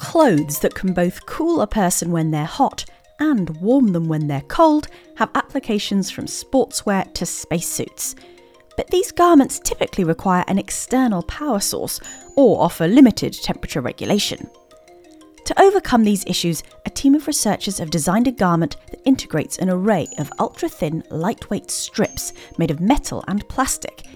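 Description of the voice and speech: One adult woman reads a science news item in clear, fluent English at an even, well-paced rate with natural phrase pauses. Her voice is clear and steady in a quiet room, with no hoarseness, repetitions or slurring: ordinary typical speech.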